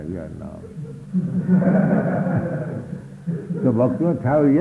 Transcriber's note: laughter